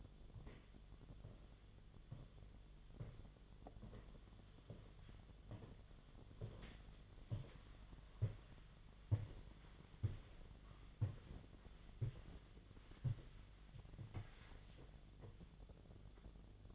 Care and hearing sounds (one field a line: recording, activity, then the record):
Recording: daily activity, microphone in the room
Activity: walk to room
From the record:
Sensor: 4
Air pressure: 1010.9 hPa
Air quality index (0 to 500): 163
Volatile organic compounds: 4 ppm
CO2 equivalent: 1661 ppm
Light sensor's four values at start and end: 44/123/50/51 and 42/120/48/50